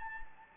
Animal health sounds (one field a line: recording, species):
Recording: mosquito wingbeat signal from an infrared sensor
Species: Anopheles gambiae